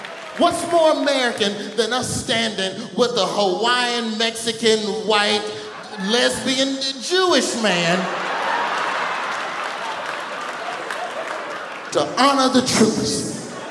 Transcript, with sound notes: What's more American than us standing with the Hawaiian, Mexican, white, lesbian, Jewish man...
(LAUGHTER)
...To honor the troops?